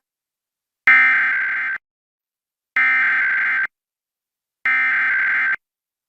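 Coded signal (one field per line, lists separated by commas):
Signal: Emergency Alert System (SAME) tones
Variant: header bursts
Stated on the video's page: Real New Jersey Required Monthly Tests and severe weather alerts, including a Tornado Warning.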